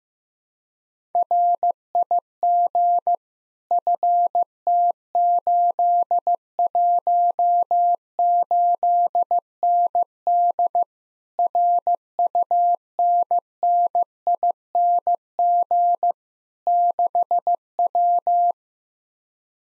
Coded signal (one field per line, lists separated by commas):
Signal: Morse code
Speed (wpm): 15 wpm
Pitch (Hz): 700 Hz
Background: none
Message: RIG FT818ND RUNNING 6W